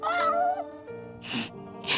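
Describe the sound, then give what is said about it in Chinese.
A kitten gives a thin, wavering mew that slides in pitch as someone pokes the bridge of its nose, followed by two short breathy, hissing puffs of noise. “他戳了戳幼猫的鼻梁。”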